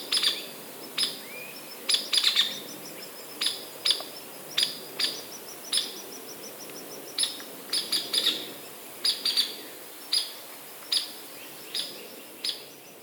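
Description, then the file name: Hairy woodpecker calling with crisp, high peek notes, steady but sometimes doubled, plus faint thin notes from another bird in the background. "Picoides villosus - Hairy Woodpecker"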